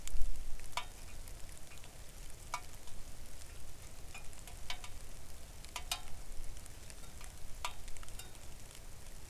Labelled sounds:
rain

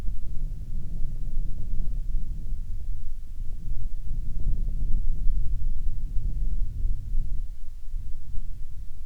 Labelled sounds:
wind

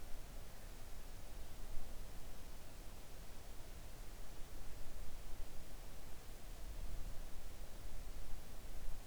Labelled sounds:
near silence

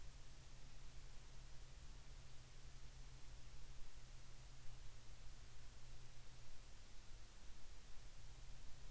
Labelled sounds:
near silence

